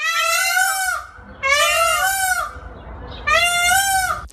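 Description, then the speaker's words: Peafowl loud calls: three long, nasal, wailing cries, each about a second, rich and harmonic, with short pauses between them. Female peafowl; loud call said to sound like the name Léon; she calls her mate during the breeding season. "quand Dame Panne fait ça, c'est qu'elle appelle son chéri."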